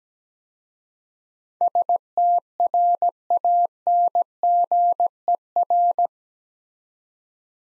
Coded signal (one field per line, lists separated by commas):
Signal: Morse code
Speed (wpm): 17 wpm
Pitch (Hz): 700 Hz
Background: none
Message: STRANGER